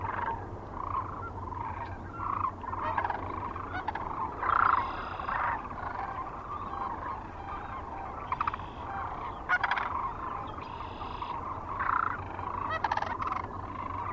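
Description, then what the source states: Sandhill Crane chorus of rolling, bugling calls, many birds overlapping, with repeated louder bursts over a low steady rumble. Recorded 9 March 2004 near Kearney, Nebraska, together with other sounds.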